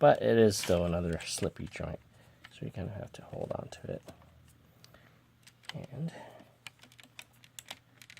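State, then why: Not seated. Someone talks while holding a plastic reactive-armor piece against an Arcadia VF-0 toy figure, and a run of light, sharp plastic ticks and taps follows as the piece is worked into position. Nothing has seated or clicked into place yet.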